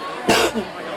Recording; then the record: coughing mixed with background sound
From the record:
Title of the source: 61 morning phlegmy cough...again